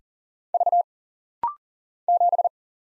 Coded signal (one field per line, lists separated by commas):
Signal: Morse code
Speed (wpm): 39 wpm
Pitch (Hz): 700 Hz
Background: none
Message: V 7